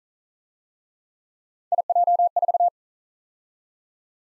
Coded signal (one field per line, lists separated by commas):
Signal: Morse code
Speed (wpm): 42 wpm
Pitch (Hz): 700 Hz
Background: none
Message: IJ4